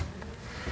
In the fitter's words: right over it till you hear it click.